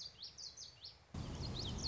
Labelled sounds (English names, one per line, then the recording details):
Common Yellowthroat
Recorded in Sonoma County, California